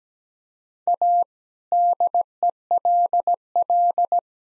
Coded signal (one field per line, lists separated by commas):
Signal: Morse code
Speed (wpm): 17 wpm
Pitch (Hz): 700 Hz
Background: none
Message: A DELL